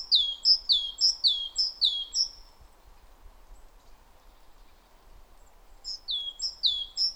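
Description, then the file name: Great tit song: a string of sweet two-note phrases, each falling sharply, then a quiet gap before the phrases resume. "Parus major"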